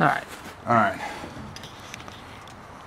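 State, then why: Seated. Someone talks briefly, then the bent-out retaining clip on a Kenmore top-load washer's plastic motor coupler is pushed onto the motor and transmission coupling. It snaps into its holes with sharp clicks at 1.9 and 2.1 seconds, and the coupler is seated in place as part of a motor coupler replacement to fix a no-spin problem.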